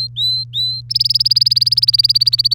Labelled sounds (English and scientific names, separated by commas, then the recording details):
Domestic Canary (Serinus canaria) song
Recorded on 3 May 2018 at 09:53
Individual llb3